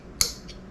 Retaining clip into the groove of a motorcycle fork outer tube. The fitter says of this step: then once you've got got it inside the top lip press it down you'll hear an audible click